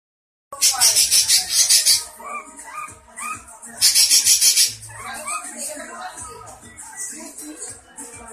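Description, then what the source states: Long-tailed shrike song: two loud bursts of harsh, rasping chatter, separated and followed by softer varied whistles and warbled notes. Song style called kombinasi (combination).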